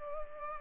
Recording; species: mosquito wingbeat signal from an infrared sensor; Culex pipiens